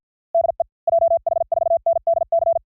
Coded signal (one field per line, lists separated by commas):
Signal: Morse code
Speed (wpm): 50 wpm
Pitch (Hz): 670 Hz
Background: none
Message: DE JH4NDC